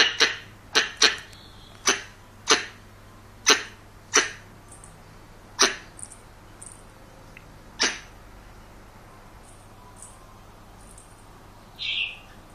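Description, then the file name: Squirrel barks: a run of sharp chips early on that slows and thins out, leaving long quiet gaps with a few scattered later notes. Young male squirrel. "กระรอกหนุ่ม"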